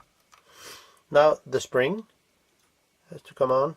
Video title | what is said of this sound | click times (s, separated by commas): How to take off the top cover on Voigtländer Bessa III or Fuji GF670 | I turn it and then it pops into place now | 0.3 s